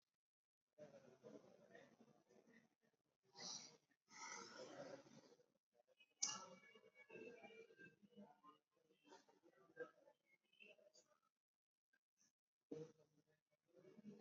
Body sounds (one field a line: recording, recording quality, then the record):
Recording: deep breathing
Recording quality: excellent, no background noise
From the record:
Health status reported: COVID-19 positive, mild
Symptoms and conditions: cough, cold, breathing difficulty, sore throat, fever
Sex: male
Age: 70 years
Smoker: not ticked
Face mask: worn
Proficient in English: yes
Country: India